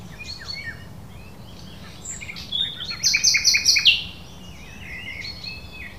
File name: Luscinia megarhynchos